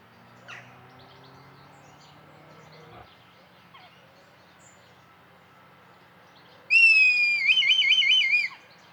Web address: Red kite. صدای-پرنده-کورکور-حنایی